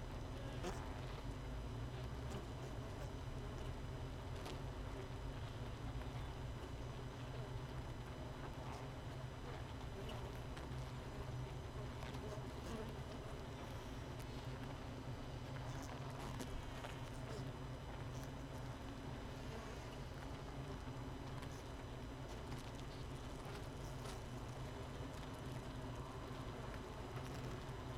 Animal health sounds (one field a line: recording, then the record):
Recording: honeybee colony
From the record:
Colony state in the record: missing queen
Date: 31 May 2018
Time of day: 5:25